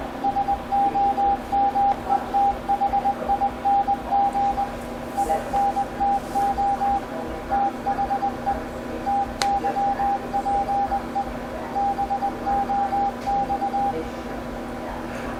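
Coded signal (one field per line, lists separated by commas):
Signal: Morse code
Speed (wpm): 20 wpm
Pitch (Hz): 800 Hz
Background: radio noise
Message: SOMETHING INTO THE TYPE BOX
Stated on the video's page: CW sent from a keyboard connected to a Kenwood TS-890S, with pre-programmed messages for contesting, DXpeditions and rag-chewing.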